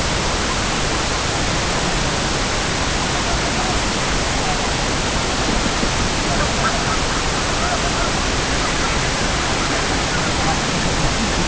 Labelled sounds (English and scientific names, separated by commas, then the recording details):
King Eider (Somateria spectabilis), unidentified sound
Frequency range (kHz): King Eider (Somateria spectabilis) 0.4-1.2 kHz
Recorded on Arctic tundra, site CORI-1, on 16 June 2018
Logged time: 06:00